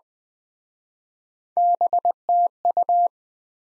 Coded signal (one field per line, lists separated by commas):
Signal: Morse code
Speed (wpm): 18 wpm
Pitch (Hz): 700 Hz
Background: none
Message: BTU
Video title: Top 20 QSO Elements - Speed-Racing - 15wpm